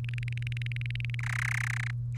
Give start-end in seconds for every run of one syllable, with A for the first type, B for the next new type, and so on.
0.04-1.15 A, 1.19-1.91 B